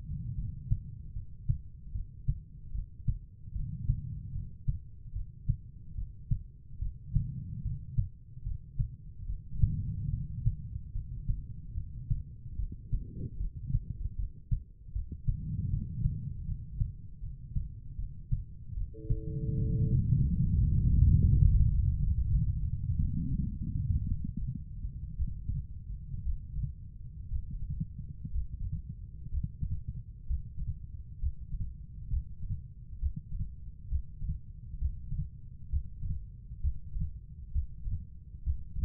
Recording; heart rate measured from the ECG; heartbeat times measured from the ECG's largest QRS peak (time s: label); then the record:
heart sounds by stethoscope; 69 bpm
0.35 s: heartbeat
1.13 s: heartbeat
1.92 s: heartbeat
2.72 s: heartbeat
3.53 s: heartbeat
4.32 s: heartbeat
5.13 s: heartbeat
5.95 s: heartbeat
6.79 s: heartbeat
7.62 s: heartbeat
8.43 s: heartbeat
9.26 s: heartbeat
10.10 s: heartbeat
10.92 s: heartbeat
11.74 s: heartbeat
12.56 s: heartbeat
13.37 s: heartbeat
14.16 s: heartbeat
14.92 s: heartbeat
15.70 s: heartbeat
16.45 s: heartbeat
17.20 s: heartbeat
17.96 s: heartbeat
18.74 s: heartbeat
19.58 s: heartbeat
20.39 s: heartbeat
21.17 s: heartbeat
21.98 s: heartbeat
22.98 s: heartbeat
24.06 s: heartbeat
25.14 s: heartbeat
26.21 s: heartbeat
27.27 s: heartbeat
28.30 s: heartbeat
29.28 s: heartbeat
30.25 s: heartbeat
31.17 s: heartbeat
32.08 s: heartbeat
32.97 s: heartbeat
33.86 s: heartbeat
34.76 s: heartbeat
35.67 s: heartbeat
36.58 s: heartbeat
37.50 s: heartbeat
38.41 s: heartbeat
From the record:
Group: healthy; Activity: rest 0-21 s, breath hold 21-39 s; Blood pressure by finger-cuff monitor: 119/79 mmHg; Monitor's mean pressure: 93 mmHg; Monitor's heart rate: 73 bpm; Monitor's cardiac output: 5.4 L/min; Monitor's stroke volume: 74 mL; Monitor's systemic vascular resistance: 1280 dyn s/cm5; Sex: female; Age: 43 years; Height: 160 cm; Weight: 90 kg